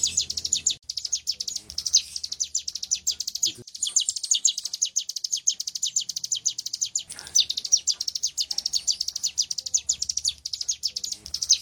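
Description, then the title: Prinia song: a long run of rapid, sharp high notes with brief breaks and faint low rumbling underneath. "Cigun Durasi Panjang By Kicauan.net"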